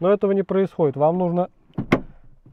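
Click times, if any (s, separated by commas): 1.9 s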